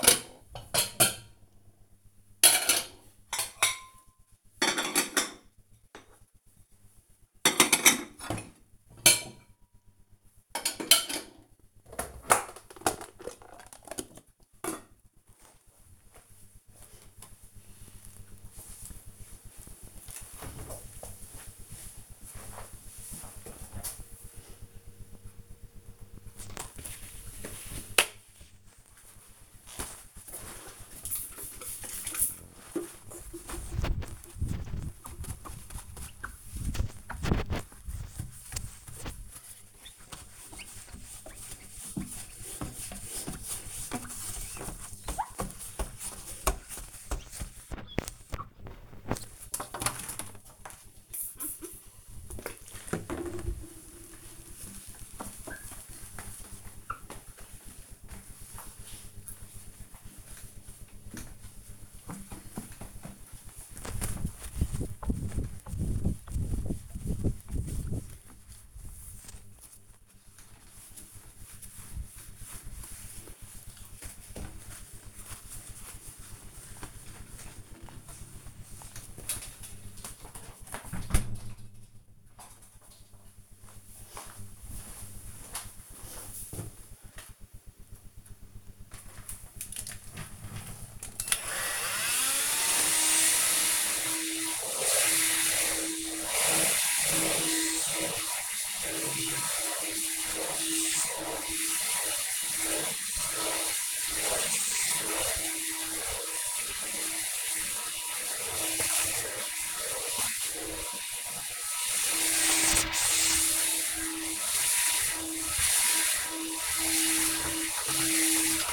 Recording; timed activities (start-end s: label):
household activities, microphone on the right wrist
0.00-16.92 s: putting away the dishes
25.97-79.30 s: window cleaning
88.36-118.73 s: vacuum cleaning